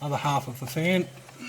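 One half of a two-piece plastic hydrostatic transmission cooling fan on a Kubota BX tractor is pushed, with the hole lined up, into the other half on the transmission driveshaft. Someone talks throughout, and the part is still being handled. Nothing has seated or clicked yet.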